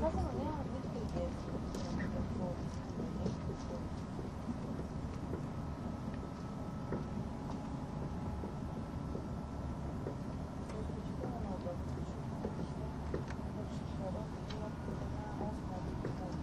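A train runs along the Gotthard route with a steady, dense low rumble that holds level for the whole stretch. Faint murmuring voices sit under the noise, while thin tonal whines and brief clicks and rattles come and go throughout.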